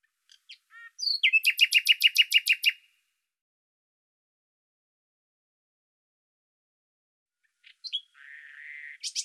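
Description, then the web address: Bird song with a few chips, then a rapid, regular trill of high notes. After a long gap comes a buzzy, lower phrase. "Deverinetal 2025"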